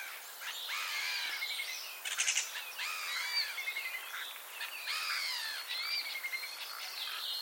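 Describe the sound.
Common starling warbling: looping, slurred whistled phrases mixed with a quick rattle, running continuously throughout.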